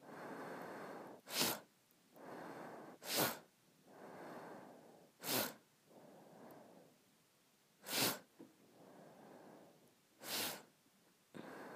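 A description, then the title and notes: Someone sniffs hard in short, sharp bursts, about every two seconds at first and then spaced further apart near the end. Between the sniffs come softer, longer breaths, a rushing exhale that fades out before the next sharp intake. ASMR Sniffing and Smelling.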